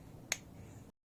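A microphone is turned backwards on the threaded spinning disc at the bottom of a tripod until the threads drop into line. A single sharp click at 0.3 s marks the thread seating over a low, steady background. The microphone is now seated and spins on easily.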